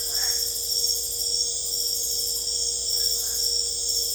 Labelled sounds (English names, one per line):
none